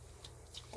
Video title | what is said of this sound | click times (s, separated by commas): Improving the feed on your Ruger SR-22 | this will snap into place and you're basically back together | 0.2 s